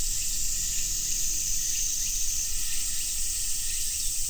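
Continuous shrill cicada buzz, an even sizzling hiss without pauses, over a low background rumble.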